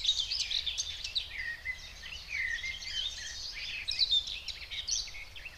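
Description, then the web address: Common whitethroat, a continuous scratchy, jumbled warbling song with quick rising and falling notes throughout. Recorded in the Spreewald. "ornithologie dorngrasmuecke 2 m 08 St We Spreewald"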